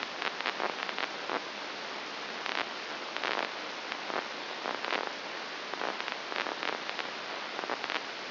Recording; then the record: brain microelectrode recording played as sound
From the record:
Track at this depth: inside the subthalamic nucleus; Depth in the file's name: 4.701 mm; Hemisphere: left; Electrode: 2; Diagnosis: Parkinson's disease